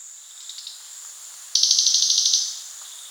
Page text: Crested Jay Calls. Quick Sounds